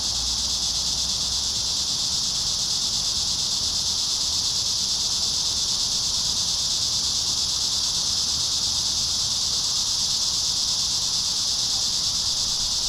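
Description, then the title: Continuous high cicada drone, even and hissing, with little else besides a faint low hum at the start. Several cicadas in a park. "neoscenes: cicadas in the park"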